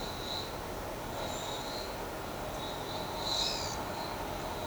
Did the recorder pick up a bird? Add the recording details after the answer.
no. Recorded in shrubland near Pivijay, Magdalena, Colombia, on 14 April 2023 at 13:00. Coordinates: 10.453, -74.365. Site P5-G022